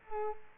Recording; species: mosquito wingbeat signal from an infrared sensor; Culex quinquefasciatus